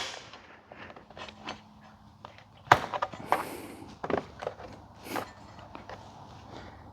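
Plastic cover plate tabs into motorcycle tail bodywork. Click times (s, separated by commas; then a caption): 2.7 s, 3.3 s. A plastic cover plate is worked down into position over the stainless steel luggage rack mounts on a Suzuki GSX-S1000GT/GT+ motorcycle's tail bodywork, with its side tabs pushed underneath. Sharp clicks ring out at 2.7 s and 3.3 s as the tabs snap into place, among softer plastic knocks and handling rustle. The cover plate is seated and all set.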